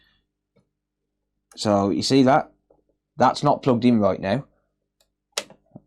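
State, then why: Seated. Someone talks, then an Ethernet cable plug is pushed into the RJ45 Ethernet port of a PS5 Slim game console, a port that had been fixed before and broke again. The plug's latch clicks home at 5.4 s, followed by a few faint ticks, and the plug is seated.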